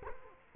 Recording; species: mosquito wingbeat signal from an infrared sensor; Culex quinquefasciatus